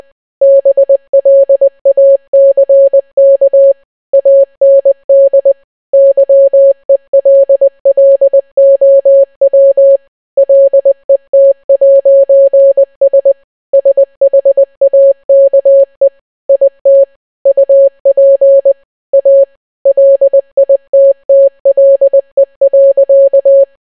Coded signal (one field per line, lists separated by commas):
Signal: Morse code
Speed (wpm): 20 wpm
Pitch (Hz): 550 Hz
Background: none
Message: BLACK AND YELLOW LET'S SHAKE IT UP A LITTLE.